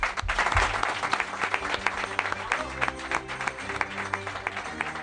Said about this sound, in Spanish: Recibir el aplauso de nuestros oyentes.